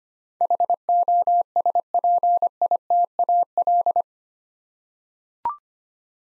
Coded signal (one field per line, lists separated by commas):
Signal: Morse code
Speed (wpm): 25 wpm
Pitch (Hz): 700 Hz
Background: none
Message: HOSPITAL